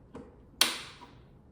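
An L bracket is pressed by hand into its slot on a plywood bookshelf, with a faint tap at about 0.2 seconds before a single sharp, loud click at 0.6 seconds that rings out briefly. The bracket is seated in the slot.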